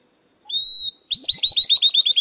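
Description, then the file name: Southern beardless-tyrannulet singing a clear drawn-out whistle, then a rapid run of bright, evenly spaced chirps. "Canto do Risadinha"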